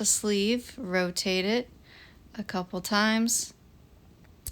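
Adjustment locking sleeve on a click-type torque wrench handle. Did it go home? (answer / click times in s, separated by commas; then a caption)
yes / 4.5 s. The metal adjustment locking sleeve on a click-type torque wrench handle is lifted, rotated to a new setting, and let back down while someone talks. After the talking stops there is a quiet gap with a faint tick at 4.2 s, then a sharp click at 4.5 s as the sleeve seats and locks.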